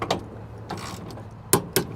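A click-type torque wrench preset to 250 inch-pounds tightens the next lug bolt on an electrical panel. A few softer ratcheting ticks are followed by a sharp, loud click at 1.5 s, then another sharp tick just after. The wrench reaches its torque setting and the bolt is confirmed tight.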